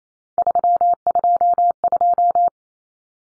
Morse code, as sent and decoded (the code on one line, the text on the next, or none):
...-- ..--- ..---
322